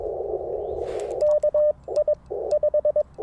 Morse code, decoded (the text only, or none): KI 5